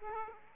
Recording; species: mosquito wingbeat signal from an infrared sensor; Aedes aegypti